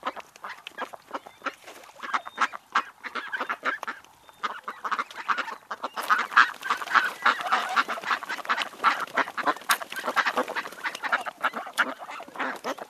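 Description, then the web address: Birds giving many rapid, harsh calls in a dense, overlapping chorus throughout. "ptici ptici"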